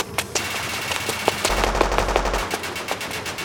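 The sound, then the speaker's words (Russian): A rapid burst of automatic gunfire, sharp cracks firing in quick irregular succession over a steady low rumble, loud throughout with no voices. “Ударив в воздухе ногой, кое-как уворачиваюсь от слишком удачной очереди.”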